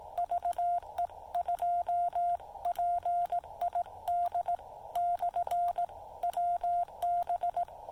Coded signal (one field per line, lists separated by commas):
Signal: Morse code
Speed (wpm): 18 wpm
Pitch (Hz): 690 Hz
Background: radio noise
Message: VE2PID/WB